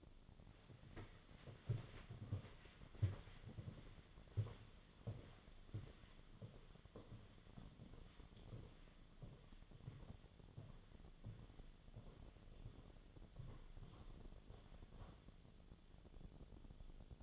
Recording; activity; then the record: daily activity, microphone in the room; walk to room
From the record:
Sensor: 4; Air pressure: 1010.9 hPa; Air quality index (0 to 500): 162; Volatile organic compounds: 4 ppm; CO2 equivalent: 1651 ppm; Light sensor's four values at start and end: 42/120/49/50 and 44/124/50/52